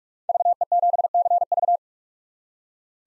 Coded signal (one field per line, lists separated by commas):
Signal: Morse code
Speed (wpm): 42 wpm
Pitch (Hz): 700 Hz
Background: none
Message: VE7CV